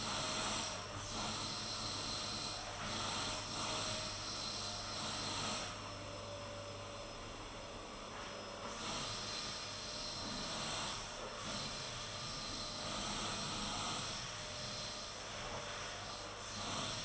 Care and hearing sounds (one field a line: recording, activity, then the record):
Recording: daily activity, microphone in the room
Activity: vacuum cleaning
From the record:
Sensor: 4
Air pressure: 992.6 hPa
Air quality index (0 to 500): 146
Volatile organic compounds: 94 ppm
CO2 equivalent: 3712 ppm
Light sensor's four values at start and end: 19/65/24/25 and 19/65/24/25